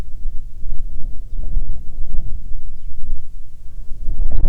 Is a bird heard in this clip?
yes